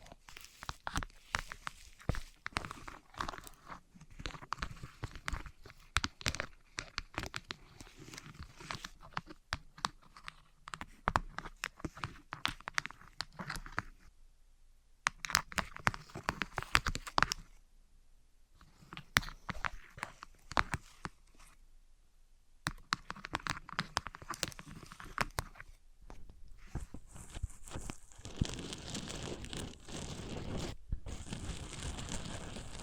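Materials being handled and struck against each other, wood, cork, sponge, foam, glass and plastic, in dense bursts of sharp clicks, scrapes and crinkles. The bursts stop briefly around 14, 18 and 22 seconds. Near the end a steady hiss rises under rougher scraping.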